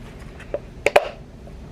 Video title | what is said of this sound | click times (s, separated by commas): F10 M5 OIL CHANGE USING LIQUIMOLY MOLYGEN DIY AT HOME | it snaps in place | 0.9 s